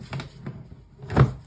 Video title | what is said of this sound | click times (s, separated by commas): Blue Diamond Range - How to set up your machine - Delta Incubators | feel it snap into place now we can power on and | 1.2 s